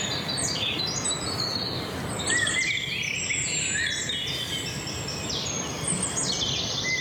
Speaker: Ja, het meeste wat je nu hoort, dat is roodborst.